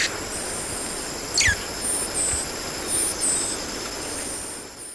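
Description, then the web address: Ecuadorian piedtail giving short, very high-pitched thin notes in a loose series over a steady high insect hiss. "Birds of Ecuador. Ecuadorian Piedtail"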